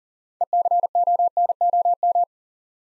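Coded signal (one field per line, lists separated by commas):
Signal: Morse code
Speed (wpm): 38 wpm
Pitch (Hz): 700 Hz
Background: none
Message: ECONOM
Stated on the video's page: Morse practice at 40 wpm, building 9-letter words three letters at a time for instant character recognition.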